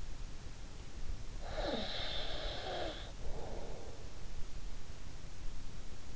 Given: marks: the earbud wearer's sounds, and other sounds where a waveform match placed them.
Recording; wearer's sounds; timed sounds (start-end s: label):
sounds in sleep by an in-ear microphone; snoring breath
1.33-4.16 s: snoring breath